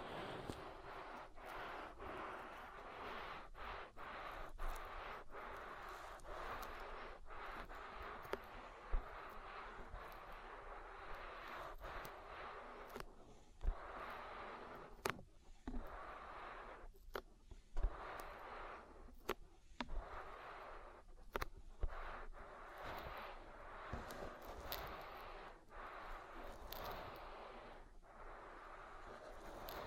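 An oil ear massage: a dense, steady rubbing and slick squelching fills the whole half minute, mostly in the middle range. Sharp little pops and crackles cut through irregularly every second or so, with several louder snaps between about 9 and 22 seconds.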